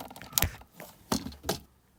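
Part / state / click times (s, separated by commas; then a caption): wiring harness connector into aftermarket car radio / seated / 0.4 s. A wiring harness plug is pushed onto the back of an aftermarket car stereo during a radio replacement in a 2006 Dodge Stratus. A sharp snap at 0.4 s marks the connector seating onto the radio, followed by two more broadband bursts near 1.1 s and 1.5 s. The harness connector is confirmed seated.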